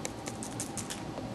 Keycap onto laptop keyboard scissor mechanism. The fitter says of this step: I hear a couple of clicks